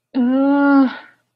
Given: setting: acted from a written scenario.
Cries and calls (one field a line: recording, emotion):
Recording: vocal sound without words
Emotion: distress